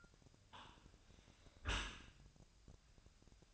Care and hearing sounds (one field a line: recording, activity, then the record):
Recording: daily activity, microphone in the room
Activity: close dishwasher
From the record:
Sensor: 2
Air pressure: 1003.0 hPa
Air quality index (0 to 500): 199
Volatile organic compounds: 6 ppm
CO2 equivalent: 1887 ppm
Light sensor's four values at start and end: 23/56/24/27 and 23/56/24/27